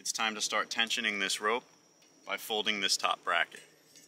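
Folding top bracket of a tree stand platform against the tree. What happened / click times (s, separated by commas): The bracket is being handled but has not clicked into place yet / none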